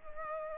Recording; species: mosquito wingbeat signal from an infrared sensor; Culex pipiens